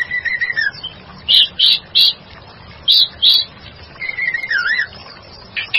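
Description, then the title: White-rumped shama song: wavering whistled phrases at the start and end, with a loud burst of five sharp, chirpy notes in the middle. "murai batu"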